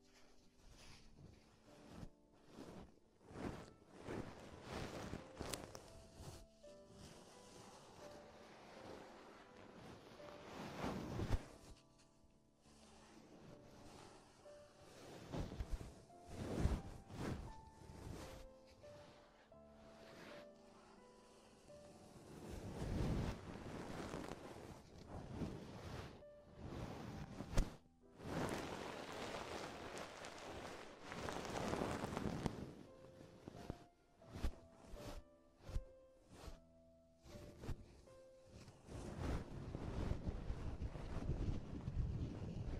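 Ear exploration sounds: irregular bursts of rubbing, scratching and rushing rustle, swelling and fading every few seconds, with brief tapping clicks between.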